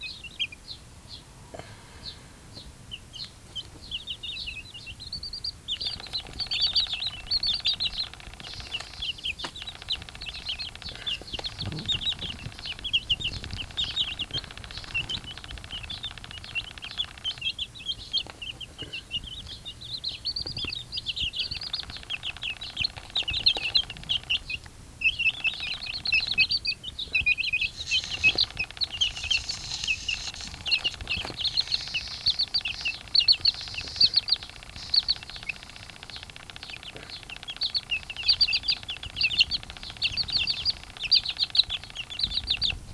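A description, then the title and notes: Silky chicks cheep in a dense, constant high chorus, with soft shuffling and occasional wing flutters below and faint low rumble throughout. Silky Chicks getting ready for sleep.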